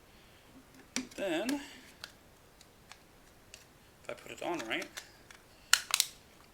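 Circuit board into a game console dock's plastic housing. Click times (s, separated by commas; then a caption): 5.7 s, 5.9 s. A replacement circuit board for a game console dock is pressed down into the dock's plastic housing while someone talks. There are light ticks through the clip, then a sharp loud snap at 5.7 s and a second at 5.9 s as the board seats in place.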